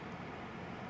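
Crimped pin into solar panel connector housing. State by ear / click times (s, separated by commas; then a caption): not seated / none. A crimped metal pin on 10 AWG wire is pushed into a plastic MC4-style solar connector housing, and only a steady, even broadband hiss is heard with no sharp sounds. Nothing has clicked yet, though the pin is judged to be in solid.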